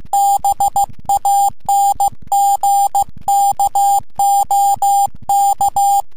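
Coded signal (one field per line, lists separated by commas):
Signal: Morse code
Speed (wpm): 15 wpm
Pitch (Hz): 800 Hz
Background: none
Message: BANGKOK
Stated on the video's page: CW contacts on 24.912 MHz from Thailand.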